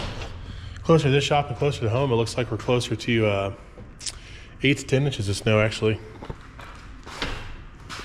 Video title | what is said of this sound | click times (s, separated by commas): Snowmageddon!!! | my door won't latch come on | none